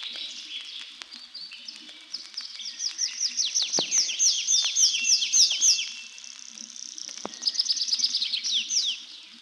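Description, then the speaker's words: Tree Pipit song: long bright series of rapid, high downslurred notes and trills, changing tempo through the phrase, with a few clicks underneath. Song heard over forest edges and overgrown clearings; twittering part begun while perched in a tree and continued while flying up, second part sung while gliding down to a neighbouring treetop. "Песня лесного конька слышна над лесными опушками и зарастающими сечами."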